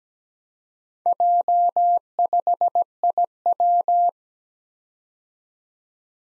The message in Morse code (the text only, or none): J5IW